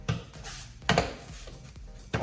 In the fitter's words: that just pops right in. Now it's in place.